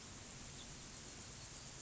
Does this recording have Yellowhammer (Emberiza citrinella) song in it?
no